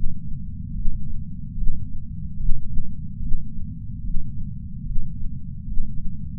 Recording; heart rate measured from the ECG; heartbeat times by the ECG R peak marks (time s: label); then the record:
heart sounds by patch sensor on the chest; 73 bpm
0.72 s: heartbeat
1.54 s: heartbeat
2.36 s: heartbeat
3.18 s: heartbeat
4.00 s: heartbeat
4.82 s: heartbeat
5.64 s: heartbeat
From the record:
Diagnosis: coronary artery disease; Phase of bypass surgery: intraoperative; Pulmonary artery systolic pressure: 14 mmHg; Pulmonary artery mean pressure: 10 mmHg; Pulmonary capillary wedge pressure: 9 mmHg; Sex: female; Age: 74 years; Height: 160 cm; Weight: 64 kg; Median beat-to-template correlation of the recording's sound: 0.90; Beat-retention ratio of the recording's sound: 0.99